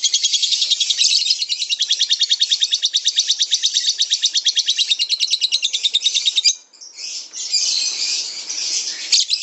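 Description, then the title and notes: Lovebird trill, a long, fast, steady pulsing run of about six seconds, followed by a brief pause and scratchy high chatter. Lovebird singing the long trilling 'ngekek' style, offered as a lure song (kicau pancingan) and described as a master song. "suara Master Kicau Lovebird ngekek, kicau pancingan"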